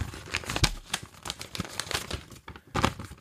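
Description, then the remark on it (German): A sealed paper envelope of hints is torn and crinkled open in a rapid, irregular burst of crisp rustling and ripping, with sharp crackles over a few seconds and no voices. “So, ich öffne den Umschlag.”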